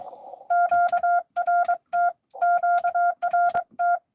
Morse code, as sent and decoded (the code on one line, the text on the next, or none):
--.- .-. - / --.- .-. -
QRT QRT